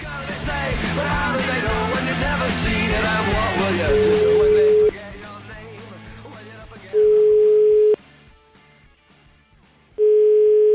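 A telephone ringback tone while a phone call is being placed: three steady, single-pitched tones of about a second each, separated by quiet pauses, following a few seconds of busy background sound with voices.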